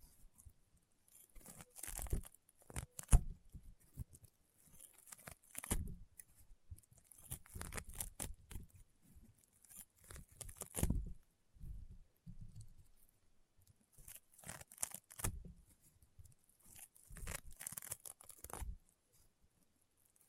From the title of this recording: EXTREME CRUNCHY AND POPPING SOUNDS Rainbow Honeycomb Slime